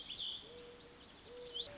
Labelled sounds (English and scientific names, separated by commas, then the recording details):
Mourning Dove (Zenaida macroura)
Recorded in Sonoma County, California